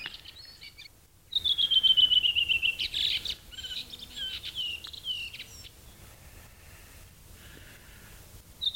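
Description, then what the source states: Redwing song: a clear descending whistled phrase, then a scratchy twitter, followed by quiet background hiss. Singing at Brändön; the song is described as a local Brändö dialect.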